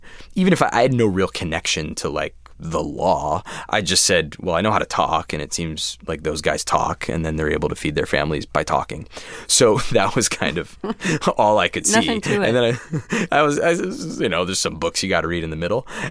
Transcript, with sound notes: Even if I had no real connection to, like, the law, I just said, well, I know how to talk. And it seems like those guys talk, and then they're able to feed their families by talking. So that was kind of all I could see. And then...
(Laughter)Nothing to it.
(Laughter)You know, there's some books you got to read in the middle.